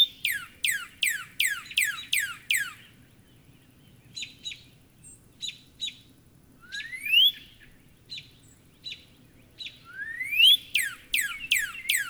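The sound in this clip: Northern cardinal song: a quick run of steeply down-slurred whistles, then scattered short notes and two long rising whistles, ending with more rapid down-slurred whistles.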